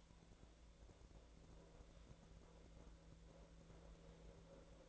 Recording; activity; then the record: daily activity, microphone in the room; make coffee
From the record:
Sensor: 3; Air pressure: 1009.4 hPa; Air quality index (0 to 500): 198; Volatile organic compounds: 17 ppm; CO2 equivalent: 2569 ppm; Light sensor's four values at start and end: 33/84/35/38 and 33/84/35/38